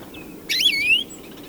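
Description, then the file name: European greenfinch giving one buzzy call that dips and then rises at the end, against a quiet background. "Chloris chloris"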